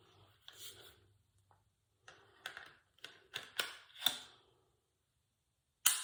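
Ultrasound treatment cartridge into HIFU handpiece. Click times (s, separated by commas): 5.9 s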